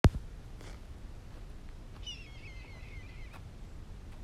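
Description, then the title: Red-tailed hawk giving a single hoarse, descending scream lasting about a second, over low steady background rumble with a sharp click at the start. "Red Tailed Hawk screeching"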